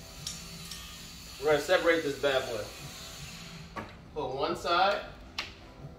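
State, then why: Seated. Someone talks while one side of the plastic/metal AP mount D ceiling mount for an Aruba 500 access point is pushed onto the T-bar of the ceiling grid between the tiles. A sharp, tap-like snap is heard at 5.4 s as the clip seats, locking that side in place on the grid rail.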